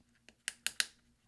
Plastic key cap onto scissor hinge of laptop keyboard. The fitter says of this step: and then we're going to push down until we hear several little clicks